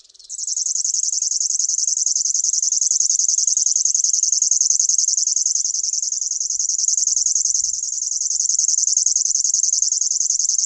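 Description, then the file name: River warbler singing a continuous, high, rhythmic ticking buzz that starts just after the opening and carries on without a break to the end, with slight swells in loudness. "STRUMIENIOWKA"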